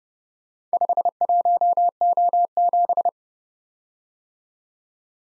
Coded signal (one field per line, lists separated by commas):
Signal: Morse code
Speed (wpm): 30 wpm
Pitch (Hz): 700 Hz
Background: none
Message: 51O7